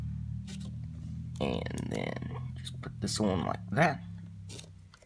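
Someone talks while a swap hand is pushed toward the plastic wrist peg of a Marvel Legends Walmart Exclusive Thanos action figure, with faint handling and rustling noises under the voice. Nothing has seated or clicked yet when the clip ends.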